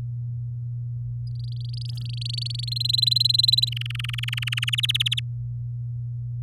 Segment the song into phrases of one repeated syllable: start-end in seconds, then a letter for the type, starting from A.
1.27-2.69 A, 2.71-3.69 B, 3.72-4.75 C, 4.78-5.20 D